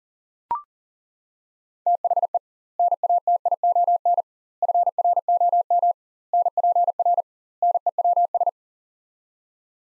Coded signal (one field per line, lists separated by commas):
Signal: Morse code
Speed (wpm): 38 wpm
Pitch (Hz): 700 Hz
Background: none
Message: THE NATION FROM NPR NEWS